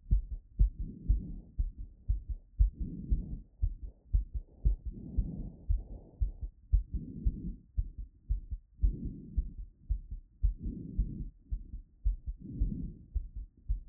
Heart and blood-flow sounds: heart sounds by stethoscope after running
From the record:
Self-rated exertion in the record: light exertion (2 of 6); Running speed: 5 mph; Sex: female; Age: 18 years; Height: 167 cm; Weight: 50 kg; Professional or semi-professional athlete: no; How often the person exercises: 1 to 2 times a week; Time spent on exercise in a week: 1 to 2 hours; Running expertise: no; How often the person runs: 1 to 2 times a week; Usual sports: running, walking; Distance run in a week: 1 to 2 km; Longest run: 6 km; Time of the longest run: 34 minutes

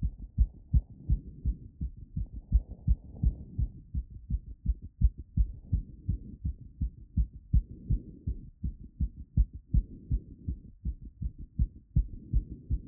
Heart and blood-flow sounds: heart sounds by stethoscope after running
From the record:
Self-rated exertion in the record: moderate exertion (3 of 6); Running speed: 5 mph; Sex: female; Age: 18 years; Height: 171 cm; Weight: 75 kg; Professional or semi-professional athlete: no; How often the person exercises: 1 to 2 times a week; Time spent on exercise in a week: under 1 hour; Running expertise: no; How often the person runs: 1 to 2 times a week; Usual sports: running, fencing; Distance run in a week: 3 km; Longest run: 21.3 km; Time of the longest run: 190 minutes

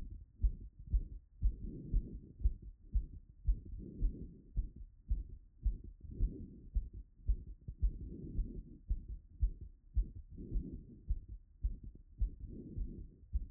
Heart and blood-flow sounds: heart sounds by stethoscope after running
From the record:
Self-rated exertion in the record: light exertion (2 of 6); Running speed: 7 mph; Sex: female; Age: 28 years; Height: 155 cm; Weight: 44 kg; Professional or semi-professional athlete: no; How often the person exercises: 3 to 5 times a week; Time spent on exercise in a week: over 5 hours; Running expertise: yes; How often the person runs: 3 to 5 times a week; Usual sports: running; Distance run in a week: 45 km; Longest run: 32 km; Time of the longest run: 200 minutes

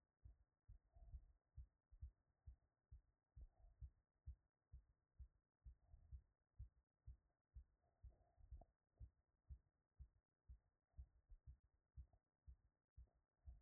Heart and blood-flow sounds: heart sounds by stethoscope after running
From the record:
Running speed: 7 mph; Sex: female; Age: 50 to 59 years

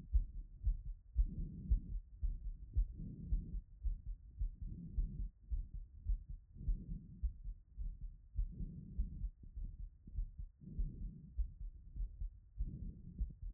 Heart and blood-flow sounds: heart sounds by stethoscope after running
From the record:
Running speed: 5 mph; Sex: female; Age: 30 to 39 years

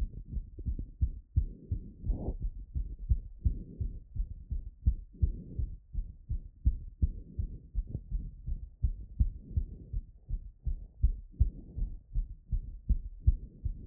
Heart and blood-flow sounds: heart sounds by stethoscope after running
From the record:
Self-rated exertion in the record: light exertion (2 of 6); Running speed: 6 mph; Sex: female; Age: 23 years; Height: 161 cm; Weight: 62 kg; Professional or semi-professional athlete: no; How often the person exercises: 1 to 2 times a week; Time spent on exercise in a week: 1 to 2 hours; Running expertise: no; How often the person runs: under once a week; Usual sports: cycling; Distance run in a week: 3 km

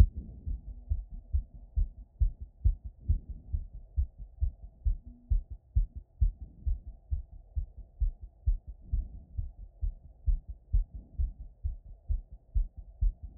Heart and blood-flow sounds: heart sounds by stethoscope after running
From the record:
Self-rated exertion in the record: light exertion (2 of 6); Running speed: 5 mph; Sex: female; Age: 40 years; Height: 170 cm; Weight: 65 kg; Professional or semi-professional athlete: no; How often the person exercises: 1 to 2 times a week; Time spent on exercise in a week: 2 to 3 hours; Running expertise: yes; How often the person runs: 1 to 2 times a week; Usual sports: gym workouts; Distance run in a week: 2 miles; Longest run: 6 miles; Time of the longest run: 50 minutes

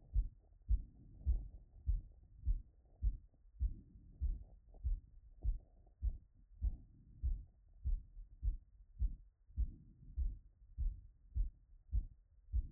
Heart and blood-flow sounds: heart sounds by stethoscope after running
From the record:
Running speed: 7 mph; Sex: male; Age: 20 to 29 years

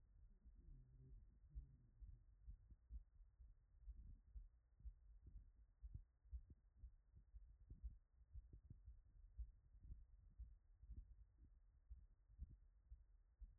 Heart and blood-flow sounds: heart sounds by stethoscope after running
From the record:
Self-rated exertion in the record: light exertion (2 of 6); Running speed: 7 mph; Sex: male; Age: 23 years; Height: 172 cm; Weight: 73 kg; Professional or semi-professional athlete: no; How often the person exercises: 3 to 5 times a week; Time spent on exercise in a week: over 5 hours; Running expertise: yes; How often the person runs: 3 to 5 times a week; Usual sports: running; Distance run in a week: 40 km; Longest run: 20 km

